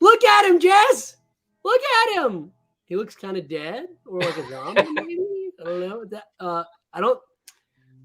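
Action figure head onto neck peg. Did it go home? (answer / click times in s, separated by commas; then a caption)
partly / 7.5 s. Someone talks while fitting the head of a plastic action figure onto its neck peg, and a single short tick is heard at 7.5 seconds. The head is not fully seated, as the neck peg is not all the way in and it is not quite working.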